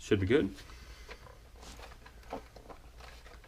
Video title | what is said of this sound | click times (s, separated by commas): SCX10 II Aeromax Body Swap VII | this side didn't snap. | none